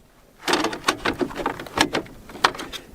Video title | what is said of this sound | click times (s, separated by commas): 🥵 Préparez vous au grande chaleur de cet été : ce climatiseur va vous surprendre ! | et pareil hop ça s'enclenche c'est fini donc ici on a | 2.5 s